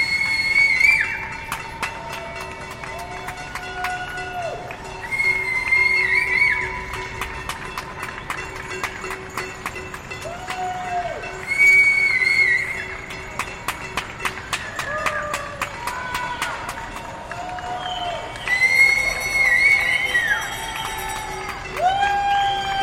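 New Yorkers cheer from their windows with scattered clapping, shrill whistles and wavering horn-like tones recurring every few seconds over a steady hum.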